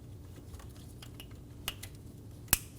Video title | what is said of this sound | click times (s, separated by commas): How to Replace Oil Pressure Switch 2008-2015 Scion xB 2.4L L4 | Install the connector. Push until you hear a click. If you don't, give it a pull and make sure it's locked on and you're good to go. | 2.5 s